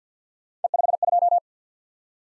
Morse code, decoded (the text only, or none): E52